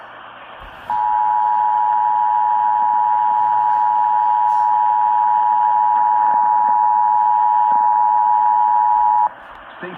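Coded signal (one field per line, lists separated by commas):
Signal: Emergency Alert System (SAME) tones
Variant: 853 and 960 Hz attention tone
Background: speech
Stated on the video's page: Required Monthly Test on AM radio station WWL 870.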